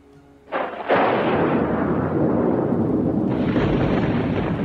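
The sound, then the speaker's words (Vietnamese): A sudden loud crash of thunder as huge bolts of lightning strike down from the sky, rolling on as a continuous, heavy rumble with a brighter surge partway through; no one speaks. “Những tiếng oanh oanh không dứt, tiếng lôi kinh khủng đem bốn phương tám hướng, oan hồn đều bao phủ vào.”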